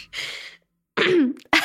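A harsh cough burst from an adult woman with a cold, then a short voiced groan and another sharp burst, like clearing the throat after choking on her own saliva.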